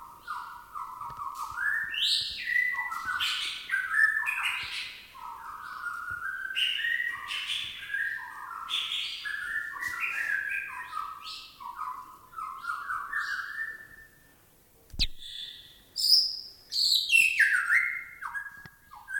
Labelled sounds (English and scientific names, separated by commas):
White-rumped Shama (Copsychus malabaricus)